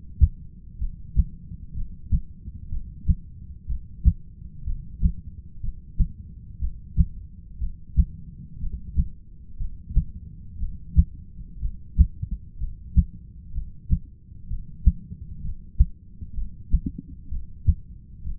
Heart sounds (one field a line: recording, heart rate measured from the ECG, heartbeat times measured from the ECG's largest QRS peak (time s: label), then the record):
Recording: heart sounds by stethoscope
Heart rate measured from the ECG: 62 bpm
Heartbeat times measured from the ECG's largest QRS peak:
0.79 s: heartbeat
1.74 s: heartbeat
2.69 s: heartbeat
3.67 s: heartbeat
4.64 s: heartbeat
5.61 s: heartbeat
6.59 s: heartbeat
7.59 s: heartbeat
8.59 s: heartbeat
9.58 s: heartbeat
10.58 s: heartbeat
11.60 s: heartbeat
12.58 s: heartbeat
13.52 s: heartbeat
14.48 s: heartbeat
15.42 s: heartbeat
16.34 s: heartbeat
17.29 s: heartbeat
18.24 s: heartbeat
From the record:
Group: heart failure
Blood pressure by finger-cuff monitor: 103/70 mmHg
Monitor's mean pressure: 82 mmHg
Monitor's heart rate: 60 bpm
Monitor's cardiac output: 6.7 L/min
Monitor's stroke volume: 111 mL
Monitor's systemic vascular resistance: 890 dyn s/cm5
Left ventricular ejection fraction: 25%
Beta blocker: metoprolol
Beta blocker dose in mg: 62.5 twice daily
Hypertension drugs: ramipril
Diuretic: furosemide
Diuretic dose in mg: 40 twice daily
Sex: male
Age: 57 years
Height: 180 cm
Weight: 90.5 kg